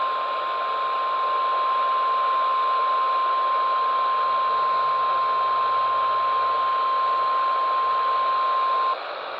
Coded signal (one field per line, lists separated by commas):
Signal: Emergency Alert System (SAME) tones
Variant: 1050 Hz attention tone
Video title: Eas tor Eas#684